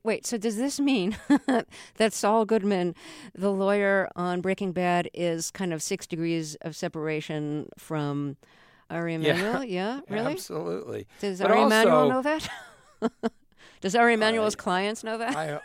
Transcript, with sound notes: so does this mean (laughter) that Saul Goodman, the lawyer on "Breaking Bad," is kind of six degrees of separation from Ari Emanuel?
Yeah.
Yeah, really?
Absolutely. But also...
Does Ari Emanuel know that (laughter)? Does Ari Emanuel's clients know that